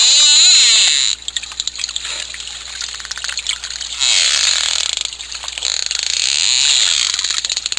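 Dolphin whistles: quick wavering, up-and-down whistled sweeps in the first second, then dense clicking and hissy buzzing through the rest.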